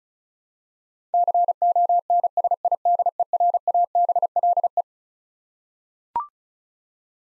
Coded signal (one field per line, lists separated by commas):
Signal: Morse code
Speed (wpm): 34 wpm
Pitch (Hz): 700 Hz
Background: none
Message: CONSIDERABLE